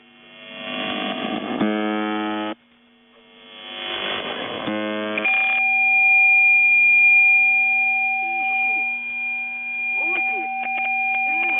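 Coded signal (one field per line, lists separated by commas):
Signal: channel marker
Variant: UVB-76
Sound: two harsh low buzzes of about two seconds, then steady droning tones with warbling chirps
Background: radio static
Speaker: Okay, well, there's just a couple examples of how the Russian UVB-76 operators have chosen to try and get people who are occupying the frequency that they also occupy from taking advantage of it at the same time.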